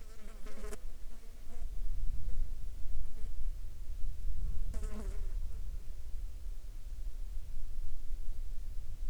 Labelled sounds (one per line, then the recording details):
insects
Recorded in the Arctic National Wildlife Refuge, Alaska, on 22 July 2019 at 12:47
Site 35